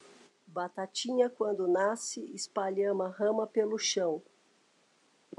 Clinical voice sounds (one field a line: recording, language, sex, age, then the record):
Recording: short text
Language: Brazilian Portuguese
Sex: female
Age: 40 to 49 years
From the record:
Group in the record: control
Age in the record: 48 years